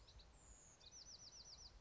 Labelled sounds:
Bewick's Wren (Thryomanes bewickii)
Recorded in Sonoma County, California

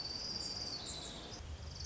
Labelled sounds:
Orange-crowned Warbler (Leiothlypis celata)
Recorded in Sonoma County, California

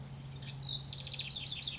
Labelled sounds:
House Wren (Troglodytes aedon)
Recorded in Sonoma County, California

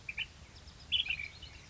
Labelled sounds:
Ash-throated Flycatcher (Myiarchus cinerascens)
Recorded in Sonoma County, California

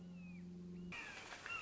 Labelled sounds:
Red-shouldered Hawk (Buteo lineatus)
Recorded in Sonoma County, California

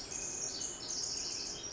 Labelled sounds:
Pacific Wren (Troglodytes pacificus)
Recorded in Sonoma County, California

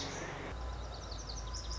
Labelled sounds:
Lazuli Bunting (Passerina amoena)
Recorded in Sonoma County, California

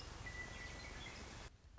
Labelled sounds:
Western Meadowlark (Sturnella neglecta)
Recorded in Sonoma County, California

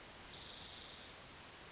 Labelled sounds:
Spotted Towhee (Pipilo maculatus)
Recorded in Sonoma County, California

